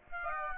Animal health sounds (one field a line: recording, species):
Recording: mosquito wingbeat signal from an infrared sensor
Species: Aedes aegypti